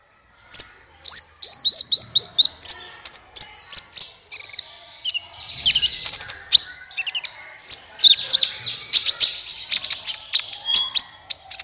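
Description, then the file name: Olive-backed Sunbird: bird song of high thin chirps, starting with a run of evenly spaced downslurred notes, then denser twittering and sharp ticks. "suara kolibri ninja"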